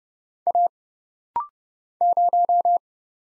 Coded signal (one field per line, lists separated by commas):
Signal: Morse code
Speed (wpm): 30 wpm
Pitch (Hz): 700 Hz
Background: none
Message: A 0